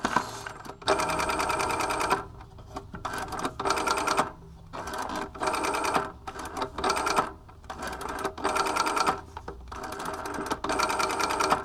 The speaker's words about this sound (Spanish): Este teléfono que acabo de marcar ya no sirve. Hoy por hoy es un objeto fútil.